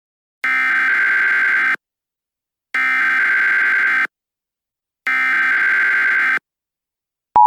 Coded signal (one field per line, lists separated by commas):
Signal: Emergency Alert System (SAME) tones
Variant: header bursts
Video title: EAS Scenario - The Novas